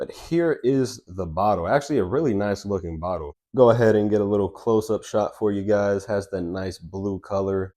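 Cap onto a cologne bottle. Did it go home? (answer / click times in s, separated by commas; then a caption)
no / none. Someone talks while handling the cap of a blue glass cologne bottle after a close-up, just before putting it back on. No sharp hits stand out, only continuous speech. Nothing has seated or clicked yet.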